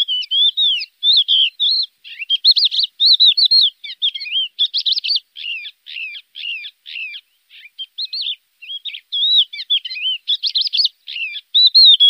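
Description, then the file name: Lark singing a long, busy medley of high twittering notes, rapid trills and slurred whistles, broken by brief gaps between phrases. Master song for training. "masteran untuk lark omkicau"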